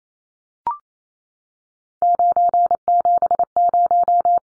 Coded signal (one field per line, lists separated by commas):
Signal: Morse code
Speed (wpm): 28 wpm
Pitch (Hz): 700 Hz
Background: none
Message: 970